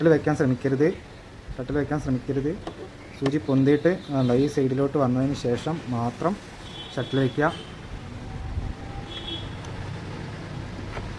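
Someone talks for most of the clip while a metal shuttle (bobbin case) is handled at a table-top sewing machine after the needle has been raised, ready to go into the hook race. Low handling noise continues after the talking stops, and nothing has seated or clicked yet.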